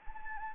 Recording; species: mosquito wingbeat signal from an infrared sensor; Anopheles gambiae